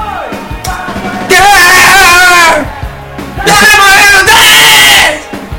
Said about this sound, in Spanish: ¿Podrías evitar hacer eso? Porque va a saturar también en las personas que están escuchando el programa. Sí, las personas ya me están odiando porque estoy gritando. ¿Por qué gritas? Sí, porque gritas. Te he dicho mil veces que no grites.